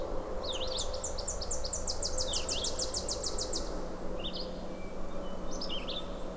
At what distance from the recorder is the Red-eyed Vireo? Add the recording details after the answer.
about 30 m. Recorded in boreal forest in Alberta, Canada, on 26 May 2016 at 07:05. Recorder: SongMeter 3, array SBT-3-15. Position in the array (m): 124 m, 92 m